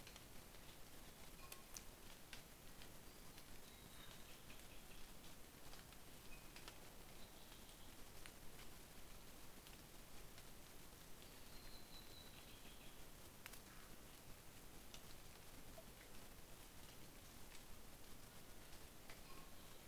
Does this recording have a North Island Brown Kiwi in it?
no